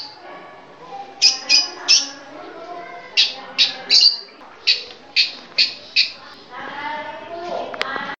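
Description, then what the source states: Long-tailed shrike harsh calls: grating notes in uneven runs, then a jumbled, lower chatter with a clatter at the close. Female bird.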